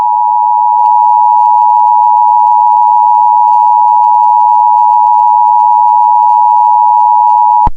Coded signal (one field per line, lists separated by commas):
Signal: Emergency Alert System (SAME) tones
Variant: 853 and 960 Hz attention tone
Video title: The Unknown - TV TV's EAS Mocks #1